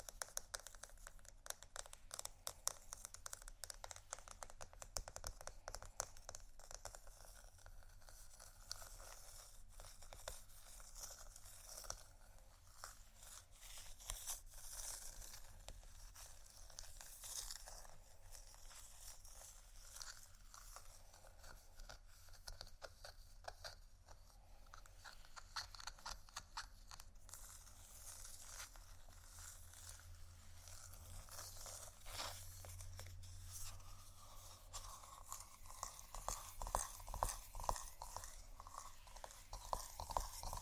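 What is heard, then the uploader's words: Scratching and tapping on textured surfaces, a dense run of small, dry scrapes and clicks that carries on without pause for the whole length. Sharper taps stand out now and then, growing more frequent and pronounced near the end, over a faint low hum. ASMR Scratchingtapping On Textures（No Talking）.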